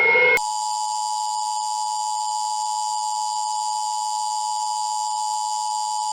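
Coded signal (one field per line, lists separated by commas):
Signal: Emergency Alert System (SAME) tones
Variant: 853 and 960 Hz attention tone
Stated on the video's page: Simulated UK nuclear-tension alert scenario imitating a hypothetical BBC wartime broadcast; not real footage.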